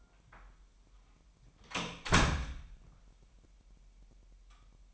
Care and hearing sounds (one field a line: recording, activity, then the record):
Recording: daily activity, microphone in the room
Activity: close door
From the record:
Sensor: 1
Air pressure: 998.4 hPa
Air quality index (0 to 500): 128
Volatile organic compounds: 3 ppm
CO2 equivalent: 1526 ppm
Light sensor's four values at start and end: 19/62/25/26 and 19/62/25/26